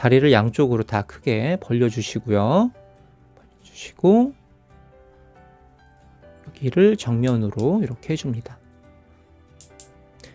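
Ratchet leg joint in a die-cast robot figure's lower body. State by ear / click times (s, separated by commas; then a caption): seated / 9.6 s, 9.8 s, 10.2 s. Someone talks while the legs of a die-cast transforming robot figure are spread wide to both sides and turned to face forward. The ratchet leg joint in the figure's lower body then gives sharp clicks at 9.6, 9.8 and 10.2 seconds as it seats into position. The joint is built very sturdy to carry the weight of the wings.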